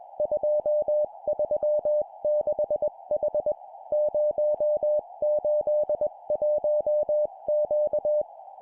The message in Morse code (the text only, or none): 236H 081Q